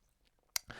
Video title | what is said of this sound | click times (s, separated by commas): Addiesdive AD2073 (Datejust 36 Homage) 4K Watch Review | There's only one click when you pull out the crown it clicks to hack the movement and set the time. | 0.6 s